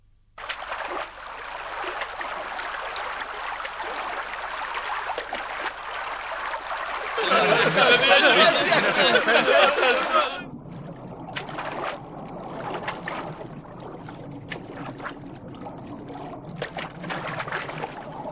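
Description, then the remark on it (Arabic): A ship rocks on the sea as waves slosh and trickle steadily, then a louder rushing surge of water washes over for a few seconds before the sloshing settles back down. “السفينة تهتز ولا بد من تخفيف الحمولة بإلقاء بعضها في البحر.”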